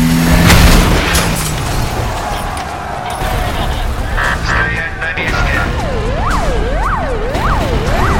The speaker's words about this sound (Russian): Машина разгоняется и сносит ворота.